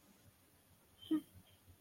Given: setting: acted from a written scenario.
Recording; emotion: vocal sound without words; serenity